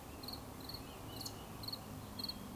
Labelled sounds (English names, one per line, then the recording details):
Eurasian Woodcock whistle
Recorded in Baden-Württemberg, Germany, on 11 June 2020 at 19:30 UTC
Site 24578, 122 m above sea level